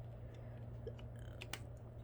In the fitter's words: Okay, there we go. Kind of feels like it locked into place now.